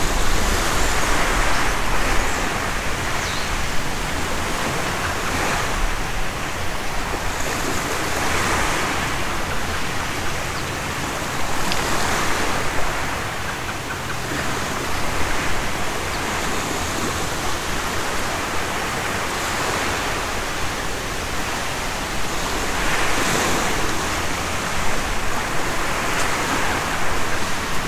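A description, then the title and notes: Waves wash steadily along the shore in a dense, unbroken hiss, with gentle swells rising every few seconds; no distinct gull calls stand out. Shoreline Camping. The tide is on the turn.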